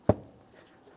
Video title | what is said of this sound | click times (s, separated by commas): How to Replace Engine Knock Sensor 2014-2018 Mazda 3 2.0L L4 | Listen for an audible click from all four corners and a light wiggle. | 0.1 s